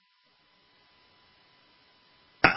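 One abrupt cough from an adult man with a weeks-long chest cold and recent fever, cut off at the end, after about two seconds of near silence.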